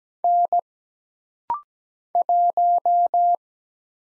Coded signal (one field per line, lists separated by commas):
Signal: Morse code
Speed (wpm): 17 wpm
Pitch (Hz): 700 Hz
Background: none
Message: N 1